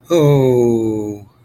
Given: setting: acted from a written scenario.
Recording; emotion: vocal sound without words; sympathy